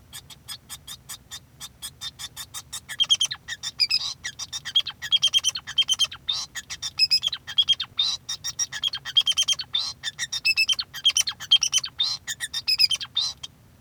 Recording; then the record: song of a male Bengalese finch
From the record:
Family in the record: son of father 2